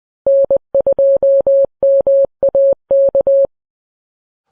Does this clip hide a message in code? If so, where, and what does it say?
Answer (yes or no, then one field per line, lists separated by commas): yes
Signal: Morse code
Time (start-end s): 0.3-3.5 s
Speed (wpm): 20 wpm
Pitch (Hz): 550 Hz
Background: none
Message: N2MAK